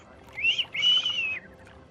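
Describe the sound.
A person whistles two high notes as an attention signal: a short one that rises and falls, then a longer steady tone that fades, with no talking around them.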